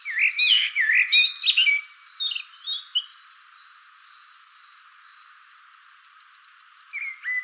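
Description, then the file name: Common blackbird warbles a loud, mellow phrase of looping whistles, then thinner high squeaks, a quiet stretch, and the start of another phrase. "Turdus merula"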